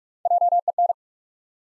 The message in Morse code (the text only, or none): JEN